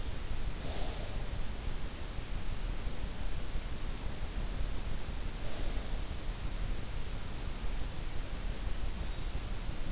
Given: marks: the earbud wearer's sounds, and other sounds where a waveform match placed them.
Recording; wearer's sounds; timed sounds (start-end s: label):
sounds in sleep by an in-ear microphone; breath
0.00-0.97 s: breath